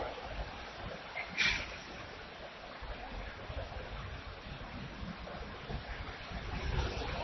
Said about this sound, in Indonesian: Saya harap maju aja, mendekat. Mendekat. Karena harinya hujan, enggak dengar juga nanti. Saya teriak-teriak juga percuma.